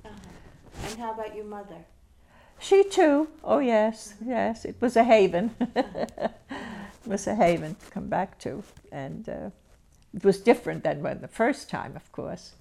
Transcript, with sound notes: And how about your mother?
She too, oh yes, yes, it was a haven. (she laughs) It was a haven to come back to. It was different than when the first time, of course.